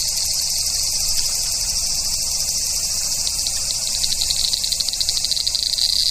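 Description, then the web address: Large brown cicada song, a sustained high sizzling drone that grows slightly coarser and more pulsed toward the end. "sikioto insect aburazemi"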